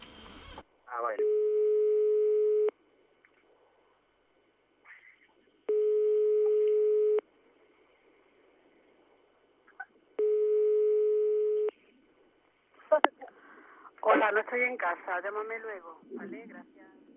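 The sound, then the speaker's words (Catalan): A telephone ringback tone: three long, steady buzzing tones of equal length with evenly spaced silences between them, followed by a voice speaking at the end. “Home, ara està sonant”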